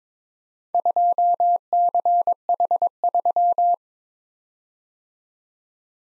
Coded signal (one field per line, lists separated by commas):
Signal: Morse code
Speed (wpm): 22 wpm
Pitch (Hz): 700 Hz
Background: none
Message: 2CH3